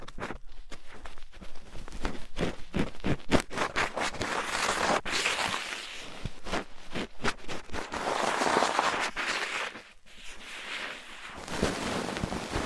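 Rough ear cleaning with dense, scratchy rubbing and scraping that stays loud and busy throughout. Quick sharp crackles and thumps come in irregular bursts, with a brief lull near ten seconds before the harsh scrubbing resumes.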